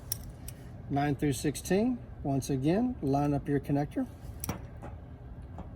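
A labeled multi-pin twist-lock cable connector for channels 9-16 is lined up with the socket on a remote control unit while someone talks. Brief sharp handling ticks sound near the start and again around 4.4 seconds. The connector has not seated or locked in yet.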